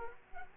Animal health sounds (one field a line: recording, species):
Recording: mosquito wingbeat signal from an infrared sensor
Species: Culex quinquefasciatus